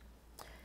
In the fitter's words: place the filter in the cover and reinsert in the unit ensuring the latch is properly engaged you will hear an audible click to confirm this